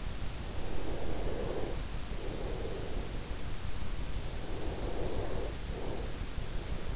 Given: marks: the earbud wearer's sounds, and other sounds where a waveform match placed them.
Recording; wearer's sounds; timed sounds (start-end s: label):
sounds in sleep by an in-ear microphone; breath
0.96-2.96 s: breath
3.96-6.96 s: breath